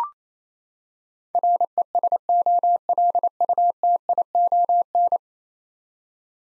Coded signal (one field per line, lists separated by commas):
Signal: Morse code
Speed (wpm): 28 wpm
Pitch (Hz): 700 Hz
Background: none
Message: RESOLUTION